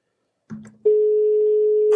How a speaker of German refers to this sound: Ach doch, jetzt klingelt es sogar fast schon. Bin mal gespannt.